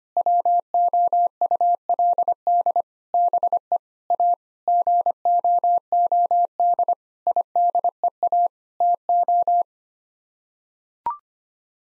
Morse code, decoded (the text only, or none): WOULD BE A GOOD IDEA TO